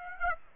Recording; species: mosquito wingbeat signal from an infrared sensor; Aedes aegypti